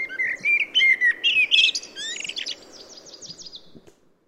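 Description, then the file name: Common blackbird singing a rich fluted warble of several rising and falling notes, ending in a thin, high, scratchy twitter that fades out. "Turdus merula"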